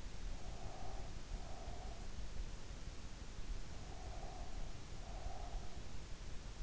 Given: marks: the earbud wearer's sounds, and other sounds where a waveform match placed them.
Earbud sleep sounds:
sounds in sleep by an in-ear microphone; breath
0.28-2.11 s: breath
3.65-5.95 s: breath

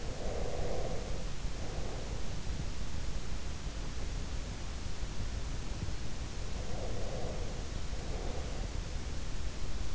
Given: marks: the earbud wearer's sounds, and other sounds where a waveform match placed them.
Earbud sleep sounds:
sounds in sleep by an in-ear microphone; breath
0.00-2.46 s: breath
6.69-8.83 s: breath

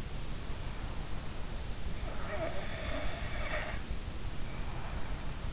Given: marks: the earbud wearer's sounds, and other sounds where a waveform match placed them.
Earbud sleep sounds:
sounds in sleep by an in-ear microphone; snoring breath
1.98-5.44 s: snoring breath

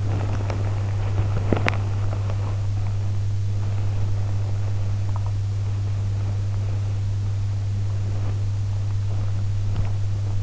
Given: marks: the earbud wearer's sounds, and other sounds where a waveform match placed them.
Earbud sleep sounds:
sounds in sleep by an in-ear microphone; body movement
0.00-3.20 s: body movement
3.47-7.41 s: body movement
7.98-10.43 s: body movement

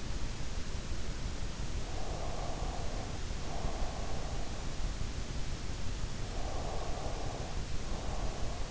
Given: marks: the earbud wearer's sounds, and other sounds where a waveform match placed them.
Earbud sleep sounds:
sounds in sleep by an in-ear microphone; breath
1.62-4.65 s: breath
6.09-8.71 s: breath

